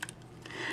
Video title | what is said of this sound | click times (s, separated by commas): Power Rangers Stratoforce Megazord Review (Lost Galaxy Gingaman Steel Starbeast GigaPhoenix) | What you want to do is you want to take the legs here, you want to bring them back until they snap into place, | 0.0 s